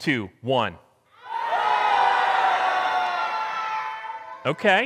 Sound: congregation shouts again